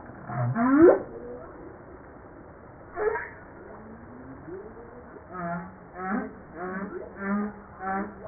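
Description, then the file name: Humpback whale song: a strong rising whoop, a slow upward moan, then a series of short harmonic grunts in quick succession. Recorded 5 March 1994. "Baleine a bosse 940305-1022"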